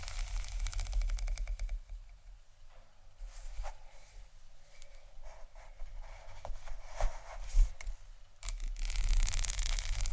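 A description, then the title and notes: Scratching and tapping on tingly textures, with dense, bright fingernail-like scratching in the first two seconds and again in the last one and a half. Between them come quieter, sparser scrapes and a few sharp taps, with a steady low hum underneath throughout. ASMR Scratch & Tap On Tingly Textures（No Talking）.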